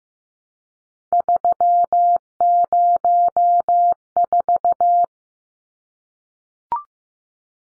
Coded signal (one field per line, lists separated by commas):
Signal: Morse code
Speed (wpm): 15 wpm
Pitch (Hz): 700 Hz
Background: none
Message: 304